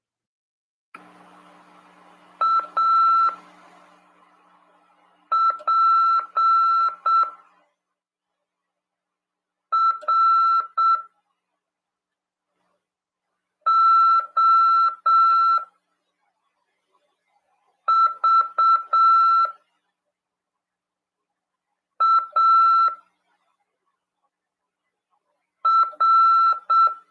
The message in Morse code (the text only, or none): APROVAR